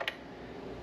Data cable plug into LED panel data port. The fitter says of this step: until it clicks. Okay,